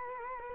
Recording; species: mosquito wingbeat signal from an infrared sensor; Culex quinquefasciatus